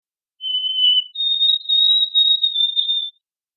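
White-throated sparrow whistled song: one steady lower whistle, then a long, slightly higher whistle broken into soft wavering pulses, on a silent background.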